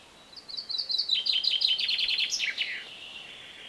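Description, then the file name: Common chaffinch song, a lively run of repeated chipping notes that drops in pitch and closes with an emphatic terminal flourish. "Fringilla coelebs"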